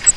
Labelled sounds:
Grace's Warbler (Setophaga graciae) flight call

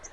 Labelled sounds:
Lucy's Warbler (Leiothlypis luciae) flight call

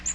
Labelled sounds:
Magnolia Warbler (Setophaga magnolia) flight call

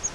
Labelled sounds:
Yellow-rumped Warbler (Setophaga coronata) flight call

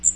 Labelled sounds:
Magnolia Warbler (Setophaga magnolia) flight call

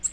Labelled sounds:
Nashville Warbler (Leiothlypis ruficapilla) flight call

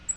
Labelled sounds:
Black-throated Green Warbler (Setophaga virens) flight call

